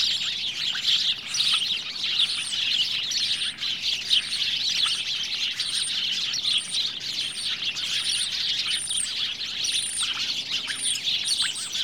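Birds chirping in a dense, busy chorus of high twittering notes, with a thin high whistled note repeating regularly above the chatter.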